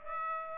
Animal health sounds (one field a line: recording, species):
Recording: mosquito wingbeat signal from an infrared sensor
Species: Aedes aegypti